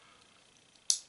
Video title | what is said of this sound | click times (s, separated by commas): Winchester Model 50 trigger group | hammer locks in safety engage does | 0.9 s